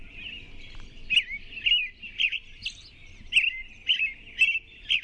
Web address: naturesounds AMRO-song